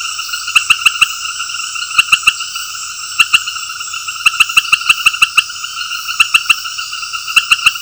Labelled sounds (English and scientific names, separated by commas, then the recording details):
none
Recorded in secondary vegetation near Puerto Asís, Putumayo, Colombia, on 19 February 2024 at 20:30
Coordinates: 0.481, -76.323
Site G6376